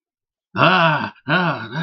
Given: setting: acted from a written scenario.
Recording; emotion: vocal sound without words; distress